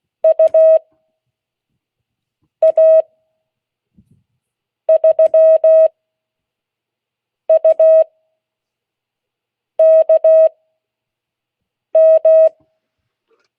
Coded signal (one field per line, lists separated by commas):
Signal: Morse code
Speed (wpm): 16 wpm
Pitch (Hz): 640 Hz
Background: none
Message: UA3UKM